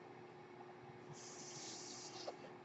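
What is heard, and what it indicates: A soft airy hiss swells for about a second over a steady low electrical hum, then fades. This is the airflow of a home mechanical ventilator delivering a breath.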